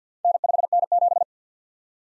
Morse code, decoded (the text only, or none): N5N7